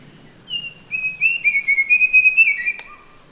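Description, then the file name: Verditer flycatcher song: one rapid, warbled, slightly wavering phrase lasting about two seconds, ending in a brief lower whistled note. "sikatan biru muda"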